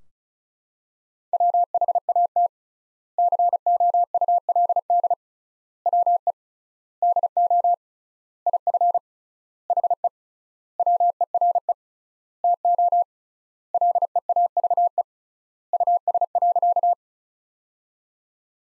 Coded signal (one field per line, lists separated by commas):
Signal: Morse code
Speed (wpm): 34 wpm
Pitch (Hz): 700 Hz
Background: none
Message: WHAT COULD WE DO IF HE WERE TO LEAVE US.